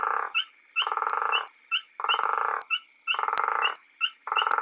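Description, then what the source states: Natal sand frog giving brief high chirps between long, buzzy pulsed trills. Recorded together with a guttural toad.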